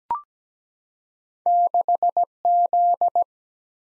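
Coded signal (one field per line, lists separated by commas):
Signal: Morse code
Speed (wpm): 17 wpm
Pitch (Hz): 700 Hz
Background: none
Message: 6Z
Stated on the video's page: Computer-generated Morse head-copy drill of single-letter/single-number combinations at 17 wpm; each sent, spoken, then sent again.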